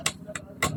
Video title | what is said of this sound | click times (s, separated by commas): How to calibrate Flyman torque wrench | Ayan nag-click na. | 0.6 s